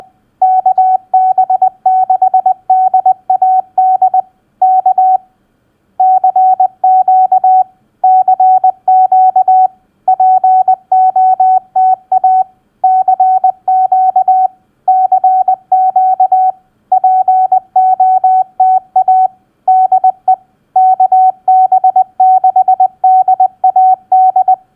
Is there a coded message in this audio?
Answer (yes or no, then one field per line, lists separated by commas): yes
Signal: Morse code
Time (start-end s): 0.4-24.5 s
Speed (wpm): 20 wpm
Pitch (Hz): 750 Hz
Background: none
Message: KB6DAD K CQ CQ POTA CQ CQ POTA DE KB6DAD